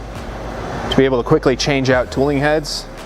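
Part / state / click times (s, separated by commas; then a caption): tooling head into quick-change collar of lifting arm / not seated / none. A tooling head is handled at the quick-change collar of a lifting manipulator arm while someone talks over a steady low hum. A brief sharp sound comes right at the cutoff, at 3.1 s. Nothing has seated or clicked into place yet.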